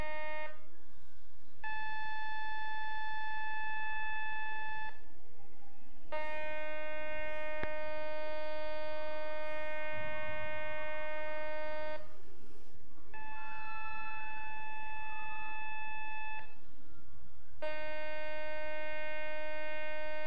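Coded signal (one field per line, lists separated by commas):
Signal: radar signal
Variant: over-the-horizon radar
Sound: steady buzzing tones in about four blocks, each a different pitch, with short gaps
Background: radio static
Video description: finally the signal has been recognized-- we heard the Iranian Over The Horizon Radar (OTHR).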